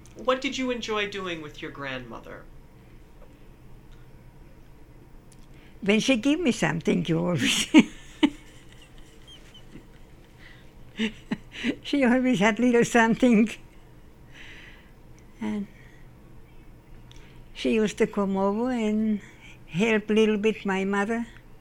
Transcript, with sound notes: What did you enjoy doing with your grandmother?
When she give me something. (Laughs) She always had little something. And... she used to come over and help a little bit my mother.